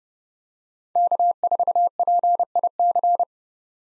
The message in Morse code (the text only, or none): K4PIC